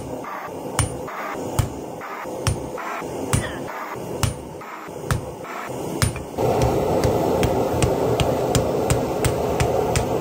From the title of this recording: Forging POSEIDON'S TRIDENT Out of Rusty Hook